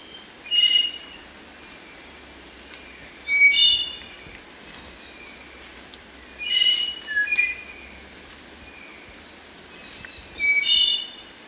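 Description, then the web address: Spotted nightingale-thrush song: short phrases of clear, fluty whistles that step up and down, repeated about every three seconds over a steady background hiss. Ecuador. "Natures Songs S America Birds of Ecuador Spotted Nightingale-Thrush"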